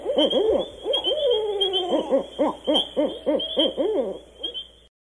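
Barred owl hooting in a fast, uneven run of arched notes with a long gliding wail woven in, fading out near the end.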